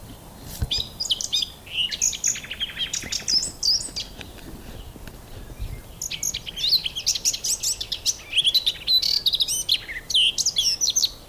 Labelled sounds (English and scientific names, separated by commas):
Eurasian Blackcap (Sylvia atricapilla) song